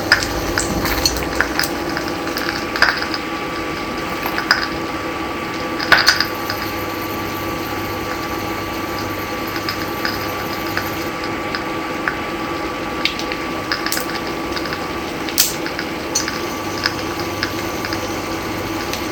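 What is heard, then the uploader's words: Eggs fry with a sparse, irregular crackle of small snaps, a few sharper pops standing out around six, fourteen and fifteen seconds. Underneath, the induction plate holds a steady low buzz and a faint high whine, unchanging throughout. Frying eggs. Fried eggs made an unusual crackling in dialog with the rhythmic buzz of the induction plate.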